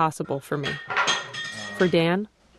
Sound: soundbite of utensils

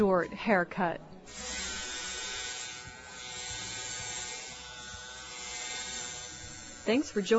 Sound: enter buzz sound of razor

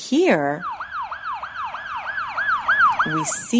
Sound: siren sound

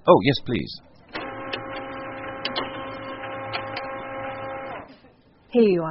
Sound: printing sound

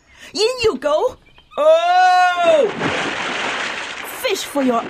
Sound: splash

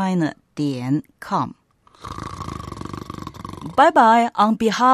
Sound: snores

